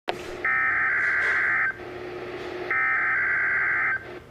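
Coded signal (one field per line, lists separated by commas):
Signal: Emergency Alert System (SAME) tones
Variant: header bursts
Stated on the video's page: Required Weekly Test received from NOAA weather radio station KEC57, the first of two recorded that day.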